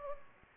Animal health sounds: mosquito wingbeat signal from an infrared sensor; Culex pipiens

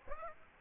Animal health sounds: mosquito wingbeat signal from an infrared sensor; Aedes aegypti

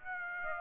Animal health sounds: mosquito wingbeat signal from an infrared sensor; Aedes aegypti

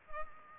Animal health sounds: mosquito wingbeat signal from an infrared sensor; Culex pipiens

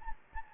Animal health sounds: mosquito wingbeat signal from an infrared sensor; Anopheles gambiae

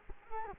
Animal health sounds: mosquito wingbeat signal from an infrared sensor; Culex quinquefasciatus

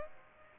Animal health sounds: mosquito wingbeat signal from an infrared sensor; Aedes aegypti

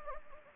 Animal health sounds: mosquito wingbeat signal from an infrared sensor; Anopheles gambiae

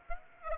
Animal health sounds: mosquito wingbeat signal from an infrared sensor; Aedes aegypti

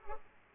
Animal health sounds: mosquito wingbeat signal from an infrared sensor; Culex pipiens

